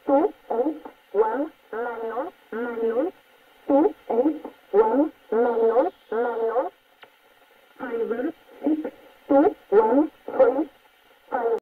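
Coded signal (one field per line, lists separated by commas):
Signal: numbers station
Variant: E11 Oblique, English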